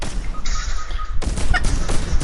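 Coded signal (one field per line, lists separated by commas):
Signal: none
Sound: game sound effect beeps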